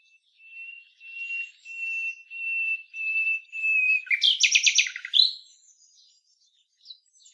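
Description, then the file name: Common nightingale song: a series of pure whistled notes swelling slowly, then a sudden loud rapid buzzy trill and a few faint notes. "Luscinia megarhynchos"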